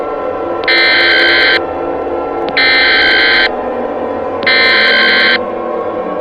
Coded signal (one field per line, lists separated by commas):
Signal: Emergency Alert System (SAME) tones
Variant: header bursts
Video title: EAS Mini: Lost In Silence: Remastered